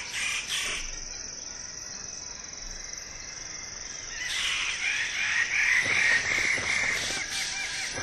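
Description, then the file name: Wallace's standardwing giving loud, grating, crow-like calls, mostly in the second half, with a steady shrill insect drone throughout. "suara burung bidadari"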